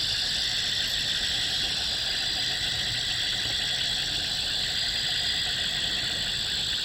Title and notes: Insects and frogs at Yacuma River. Insects and frogs at midnight in the jungles of Bolivian Amazonia. Recorded by Erick Ruiz Arellano. Music for Sleep